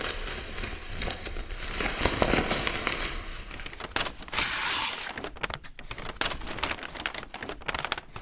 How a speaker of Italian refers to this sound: se ci può commentare questo suono di carta. È lui che strappa, direi. Sì, sta strappando, proprio questo.